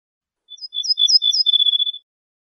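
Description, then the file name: Ortolan bunting singing a phrase of clipped high notes that settles into a steady, even trill near the end; background otherwise silent. "suara kicauan ortolan"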